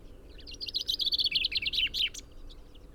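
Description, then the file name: Common chaffinch song: a rapid series of high notes running for about two seconds, ending in a sharp terminal flourish, with low rumbling background noise. "Fringilla coelebs"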